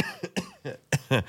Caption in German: Noch stark hustend und schnupfend.